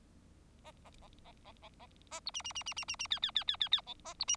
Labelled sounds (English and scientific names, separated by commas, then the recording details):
Bengalese Finch (Lonchura striata domestica) song
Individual Bird4